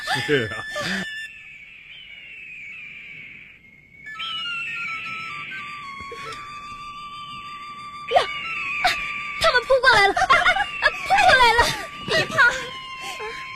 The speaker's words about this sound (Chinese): 啊，瞧，山鹰来了。 哎，真的。哎，啊，飞来了一只。 啊，两只。 啊，这么多的山鹰啊。